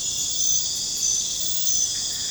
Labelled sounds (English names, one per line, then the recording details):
none
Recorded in pastures near Puerto Asís, Putumayo, Colombia, on 21 December 2024 at 23:30
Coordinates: 0.466, -76.322
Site G040